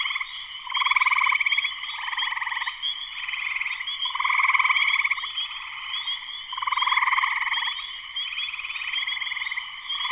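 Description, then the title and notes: Dense spring peeper chorus with shrill overlapping peeps, surging in repeated loud swells above a continuous high-pitched drone. Spring peepers in full chorus shortly after sunset, Sleeping Bear Dunes National Lakeshore, northern Michigan, USA; persistent, lush chorus. "Spring peepers (chorus frogs) in full chorus shortly after sunset in the Sleeping Bear Dunes National Lakeshore in northern Michigan, USA."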